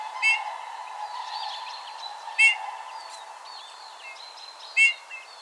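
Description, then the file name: Eurasian bullfinch calling three times, soft whistled pipes about two seconds apart, while other birds chirp and trill in the background. "Pyrrhula pyrrhula"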